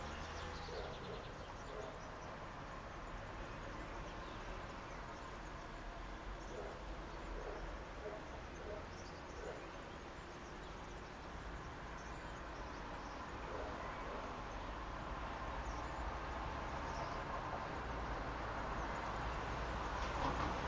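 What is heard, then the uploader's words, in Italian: Street sounds from a balcony on the outskirts of Verona: a steady wash of traffic with a low hum underneath. Faint voices and short bird calls surface now and then, and the noise swells slightly toward the end. I rumori delle strade, delle tortore, delle belle passanti, del mondo: dall'alto di un balcone della periferia veronese, in questa timidissima primavera.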